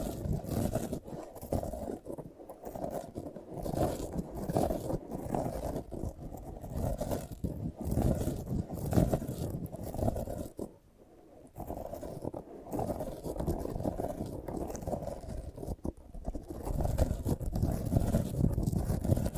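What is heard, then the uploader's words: A sprouted coconut is scraped and rubbed in dense, low, rustling strokes that run almost nonstop, pausing briefly around eleven seconds. ASMR of a Sprouted Coconut (No Talking).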